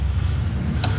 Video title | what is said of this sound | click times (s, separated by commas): Pulsar NS 125 BS6 BEST FEATURES EXPLAINED #PULSARNS125 | rear footrest has a nice click to it, and it is made up of aluminum, | 0.8 s